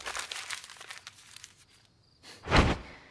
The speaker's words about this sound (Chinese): 起身用桌上的笔在画纸上写了几行字，然后撕下揉成一团朝屋顶上抛去。